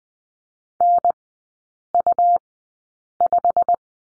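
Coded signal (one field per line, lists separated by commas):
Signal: Morse code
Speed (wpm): 20 wpm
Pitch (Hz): 700 Hz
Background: none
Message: NU5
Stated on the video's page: Morse code course lesson drilling the letter W in three-character groups at Farnsworth 20/10 wpm.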